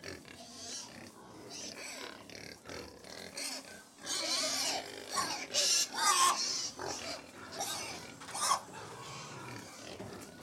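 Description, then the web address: Pigs squeal and grunt while feeding: scattered rough cries, then a busier stretch of overlapping high squeals partway through. 100 pigs feeding; livestock. "The BBC Sound Effects Library - Livestock 100 Pigs Feeding"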